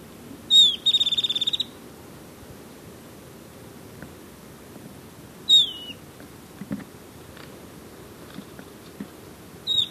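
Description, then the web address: Golden-faced tyrannulet giving high thin calls, a sharp descending note followed by a quick rattled trill, then two more brief slurred notes later, over soft background hiss. Recorded in Ecuador. "Birds of Ecuador 3-05 Golden-Faced Tyrannulet"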